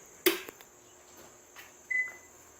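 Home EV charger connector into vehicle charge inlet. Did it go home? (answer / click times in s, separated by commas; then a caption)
yes / 0.3 s. A level 2 home EV charger plug is inserted into the car's charge inlet, and a sharp relay click rings out at 0.3 s, followed by two faint ticks and, around 1.9 s, a short high beep over a steady high hiss. The plug is seated, and charging starts automatically.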